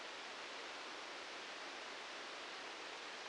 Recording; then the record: brain microelectrode recording played as sound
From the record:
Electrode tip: outside the subthalamic nucleus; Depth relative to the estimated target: 3 mm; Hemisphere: left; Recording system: NeuroSet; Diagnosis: Parkinson's disease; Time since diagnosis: 8 years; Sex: male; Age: 58 years